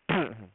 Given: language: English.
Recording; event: throat vibration sensor signal played as sound; throat clearing